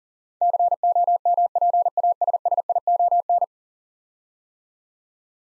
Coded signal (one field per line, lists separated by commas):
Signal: Morse code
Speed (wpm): 40 wpm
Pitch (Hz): 700 Hz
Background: none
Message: COMPASSION